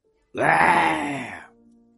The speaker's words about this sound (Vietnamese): Cương thi gầm lên một tiếng, hai tay đẩy về phía trước, hất văng Bạch Thế Bảo và đám binh lính ra xa mấy mét.